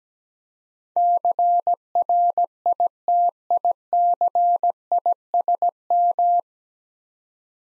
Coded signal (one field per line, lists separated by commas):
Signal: Morse code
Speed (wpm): 17 wpm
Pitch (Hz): 700 Hz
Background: none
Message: CRITICISM